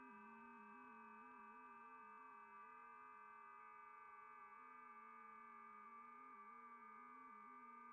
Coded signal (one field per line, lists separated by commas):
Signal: FT8